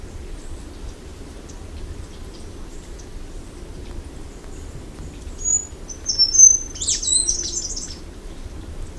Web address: Scaled flowerpiercer. صدای پرنده گل شکاف پولکدار